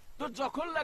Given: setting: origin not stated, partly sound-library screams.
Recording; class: one-second piece from a danger detection set; normal situation